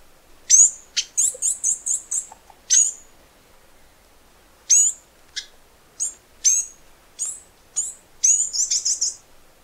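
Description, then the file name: Flame-crested Tanager song: very high, thin notes sweeping sharply downward, with quick runs of bright chips near the start and the end. "canto do tie galo"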